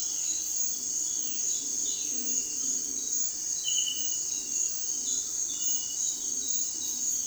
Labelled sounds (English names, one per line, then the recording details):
Violaceous Jay
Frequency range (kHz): Violaceous Jay 1.4-4.2 kHz
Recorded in dense forest near Puerto Asís, Putumayo, Colombia, on 20 February 2024 at 06:30
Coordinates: 0.466, -76.327
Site G6413